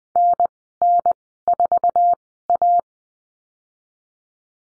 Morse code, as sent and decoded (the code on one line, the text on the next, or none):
-. -. ....- .-
NN4A